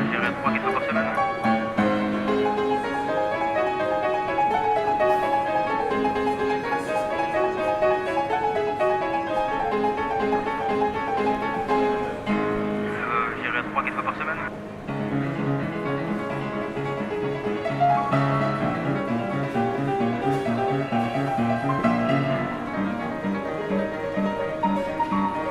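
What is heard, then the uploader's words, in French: A station piano played by a passing musician, with dense chords and quick running melodic lines that move up and down without a break. The playing stays loud and busy throughout, easing only briefly around the fifteen-second mark before picking back up. Pianos de gares et musiciens de passages. Il y a ceux qui frappent, ceux qui jouent, ceux qui s'exercent, ceux qui cherchent le do et ceux qui font de l'esbroufe. De la musique classique au « genre c'est du jazz » en passant par des sons non identifiés. Prise de sons : Rémy et Maé.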